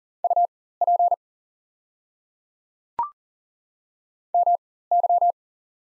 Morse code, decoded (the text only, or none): UP MY